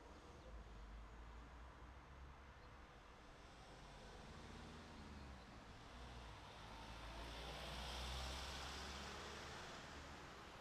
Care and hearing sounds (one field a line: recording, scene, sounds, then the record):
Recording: everyday scene through a hearing-aid microphone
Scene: in traffic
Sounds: traffic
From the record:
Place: city secondary road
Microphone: in the ear canal, left